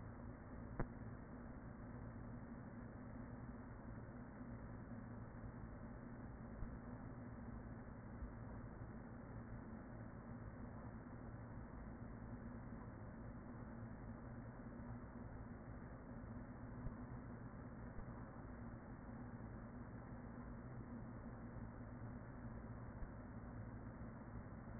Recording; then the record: honeybee colony, microphone inside the hive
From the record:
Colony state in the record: queen present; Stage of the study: after two queens were removed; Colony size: about 40,000 bees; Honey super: no